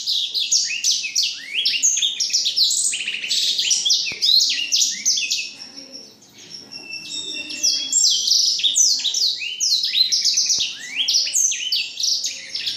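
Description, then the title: Black-throated canary singing a long, varied warble of quick whistled phrases and trills, softening briefly midway before resuming at full pace. Exceptional black-throated canary from Jombang. "Burung blackthroat Istimewa dari Jombang"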